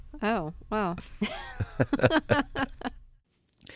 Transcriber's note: soundbite of laughter